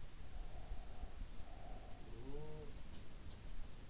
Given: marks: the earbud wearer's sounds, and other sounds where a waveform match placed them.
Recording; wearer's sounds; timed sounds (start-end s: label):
sounds in sleep by an in-ear microphone; breath
0.43-1.64 s: breath
1.80-2.78 s: sound from someone else or the room